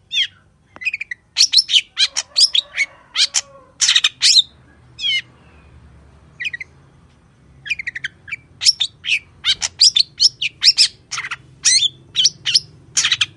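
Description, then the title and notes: Long-tailed shrike song of dense harsh chattering and squeaky whistled notes in quick bursts, with a short quieter gap in the middle before the chatter resumes. Wild local long-tailed shrike singing in the morning with varied 'toet toet' notes; full song used as a master recording for training and provoking caged birds to sing. "Cendet Gacor Dor Di Kala Pagi Toet Toet Variasi Suara. MASTERAN CENDET LOKAL ALAM GACOR FULL ISIAN BUAT PANCINGAN. Burung cendet"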